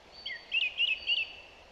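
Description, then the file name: Song thrush song: a brief whistled motif repeated three times at an even pace, bright and clear above a soft background hiss. "Zanglijster Turdus philomelos"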